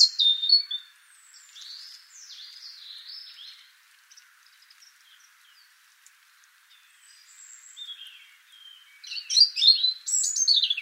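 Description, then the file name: European robin song. A bright phrase opens, then come faint, thin, wavering whistles and a near-silent gap, and a lively cascade of jumbled, sparkling high notes closes it. "Erithacus rubecula"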